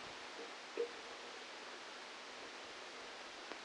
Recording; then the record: brain microelectrode recording played as sound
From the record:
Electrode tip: outside the subthalamic nucleus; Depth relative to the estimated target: -4 mm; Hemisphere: left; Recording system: NeuroSet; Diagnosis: Parkinson's disease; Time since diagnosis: 12 years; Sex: male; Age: 61 years